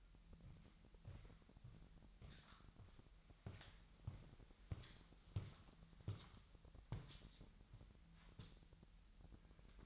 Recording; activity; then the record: daily activity, microphone in the room; walk to room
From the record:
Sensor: 3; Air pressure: 1002.0 hPa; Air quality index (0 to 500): 246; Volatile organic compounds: 48 ppm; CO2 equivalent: 3275 ppm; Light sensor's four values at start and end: 10/23/9/10 and 9/23/9/9